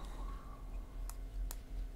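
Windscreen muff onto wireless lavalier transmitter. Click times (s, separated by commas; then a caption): 1.5 s. A small foam or fur windscreen muff is pressed onto the wireless lavalier transmitter microphone of a ZealSound Wireless Lavalier Microphone V7, with low background hum throughout. A softer tick at 1.1 s is followed by a short, sharp snap at 1.5 s as the muff seats in place.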